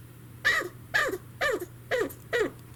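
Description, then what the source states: Chinchilla squeaking calls, five short harmonic squeals descending in pitch, evenly spaced about every half second, over a steady low hum. In breeding season.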